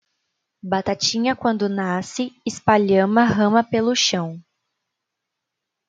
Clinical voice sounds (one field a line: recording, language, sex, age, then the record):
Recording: short text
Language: Brazilian Portuguese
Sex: female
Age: 20 to 29 years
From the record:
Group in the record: control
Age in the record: 21 years